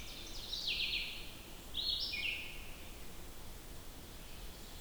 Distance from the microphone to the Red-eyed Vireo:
about 50 m